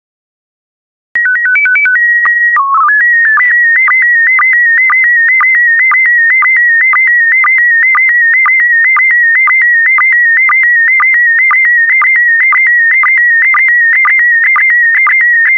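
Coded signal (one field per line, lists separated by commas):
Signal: SSTV (slow-scan television)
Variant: PD120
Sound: short leader tones and a chirpy header, then a steadily warbling tone with regular clicks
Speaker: complete. You can now check your decoded image against the picture that is shown on the video.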